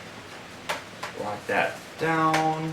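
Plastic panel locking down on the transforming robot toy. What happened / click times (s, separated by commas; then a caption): The toy part is handled but not yet clicked home / none. A plastic panel on a Transformers Generations Metroplex robot toy is handled during its transformation to robot mode, about to be pressed down to lock into place. Two short plastic taps are heard at about 0.7 s and 1.0 s, then someone talks. The clip ends before the panel goes home, so nothing has seated or clicked yet.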